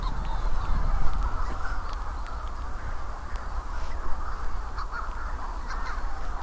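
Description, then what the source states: Manx shearwaters calling, a dense chorus of many overlapping harsh, crowing cries. Steady low wind rumble runs underneath throughout. Many birds calling at night on Skomer Island, Wales, June 2018, before midnight under cloud with no stars; pairs calling to find each other during a shearwater census.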